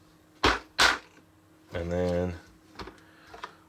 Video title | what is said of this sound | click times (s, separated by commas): Crayola Wacky Tips Marker Maker Set | get that lined up you'll hear a couple clicks and | 2.8 s, 3.4 s